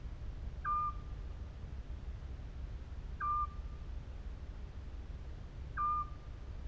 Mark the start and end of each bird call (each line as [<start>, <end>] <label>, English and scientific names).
[0.63, 0.92] Eurasian Scops Owl (Otus scops)
[3.19, 3.47] Eurasian Scops Owl (Otus scops)
[5.75, 6.04] Eurasian Scops Owl (Otus scops)